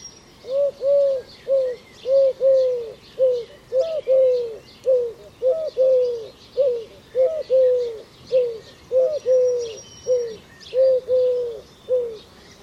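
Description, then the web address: Bird cooing with soft, low, hollow notes repeated many times, faint high chirps from other birds behind. "Deverinetal 2025 File origin Bird Only"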